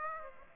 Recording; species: mosquito wingbeat signal from an infrared sensor; Aedes aegypti